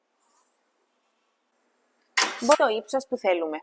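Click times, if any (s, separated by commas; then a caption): none. On a Standing Multi Flight Machine, with the release handle pulled, the adjustable handle platform is slid along the machine frame toward the wanted height before it is let go to lock. Only a faint, brief sound is heard near 0.3 s, then someone talks from about 2.2 s to the end. Nothing has seated or clicked yet.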